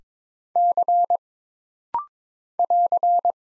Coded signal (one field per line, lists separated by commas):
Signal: Morse code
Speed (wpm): 22 wpm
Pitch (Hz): 700 Hz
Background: none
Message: C <AR>